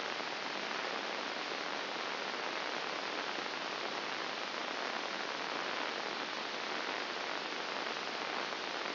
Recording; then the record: brain microelectrode recording played as sound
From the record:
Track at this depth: inside the subthalamic nucleus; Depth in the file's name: 2.704 mm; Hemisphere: left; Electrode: 2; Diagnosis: Parkinson's disease